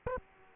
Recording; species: mosquito wingbeat signal from an infrared sensor; Aedes aegypti